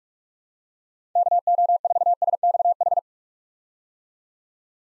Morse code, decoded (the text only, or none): KO4SXH